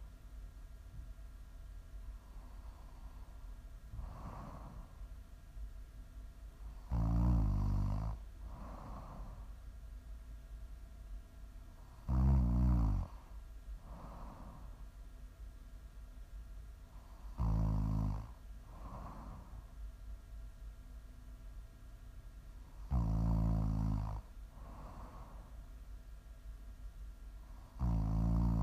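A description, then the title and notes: Loud snores arrive at a slow, regular pace roughly every five seconds, each with a softer breath between, over a low steady hum. ASMR snoring.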